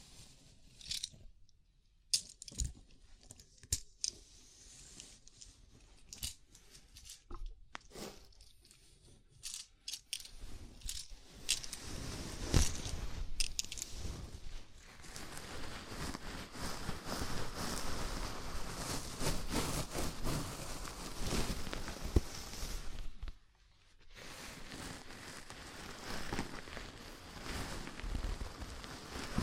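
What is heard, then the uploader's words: A scalp massage: fingers rub and scratch through hair in bursts of soft, crackly rustling. The first ten seconds are sparse, with scattered short scratches and pauses; after that the rubbing turns dense and continuous, broken by a brief silence around 23 seconds. ASMR Sleepy Scalp Massage (No Talking).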